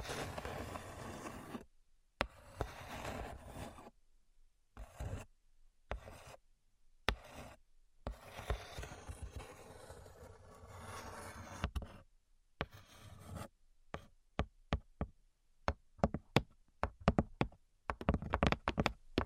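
Tapping and scratching come in short bursts broken by complete silences. The first half is mostly dense, rough scraping with gaps at irregular moments; after about 13 seconds it turns into quick, sharp taps and clicks, growing busier toward the end.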